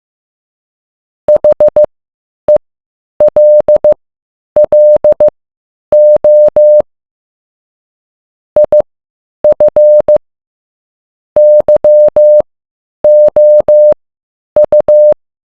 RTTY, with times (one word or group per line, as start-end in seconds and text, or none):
none